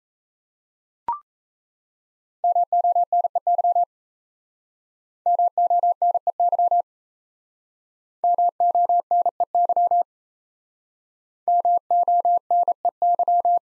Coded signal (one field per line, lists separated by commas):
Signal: Morse code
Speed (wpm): 37 wpm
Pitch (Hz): 700 Hz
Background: none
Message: MONEY MONEY MONEY MONEY